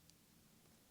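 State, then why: Not seated. A watch band end is pushed back toward the slot on a Fitbit Sense smartwatch case, with a brief faint tick of handling at about 0.1 s over a steady low hum. The clip ends before the band goes home, and nothing has seated or clicked yet.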